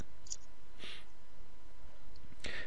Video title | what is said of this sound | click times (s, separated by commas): HOW TO USE THE CALLIGRAPHY STARTER KIT WITH YOUR SCAN N CUT - SDX MODELS | I'll then turn it until it clicks into place | 0.3 s